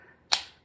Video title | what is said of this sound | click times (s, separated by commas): EpiPen in 9 seconds! - Emergency video! | and then listen for the click and then when it you hear the click you hold it for three seconds | 0.3 s